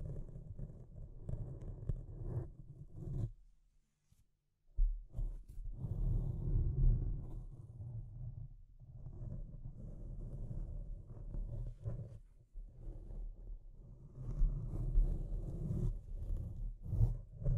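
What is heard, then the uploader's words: Deep scratching, a low rough grinding that comes in uneven bursts, drops almost silent around four seconds, then resumes with sharper scrapes. Deep Scratching. (No Talking).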